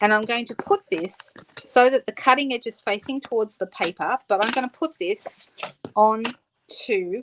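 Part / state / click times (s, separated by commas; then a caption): metal cutting die into plastic embossing folder recess / not seated / none. Someone talks while handling a thin metal cutting die, turned so its cutting edge faces toward the paper, as it is brought onto the matching recessed design of a plastic hybrid embossing folder. Nothing has clicked or seated into the folder yet.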